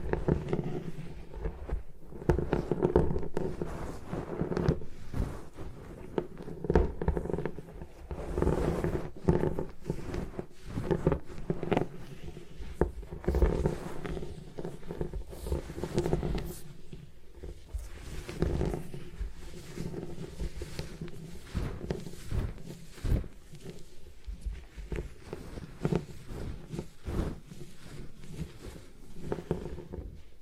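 A block of gym chalk is crushed and broken apart in a dense, continuous run of crunches and cracks. Sharp grinding bursts follow each other rapidly for the full half minute, heavy in the low and middle range, with brief gaps and occasional brighter snaps.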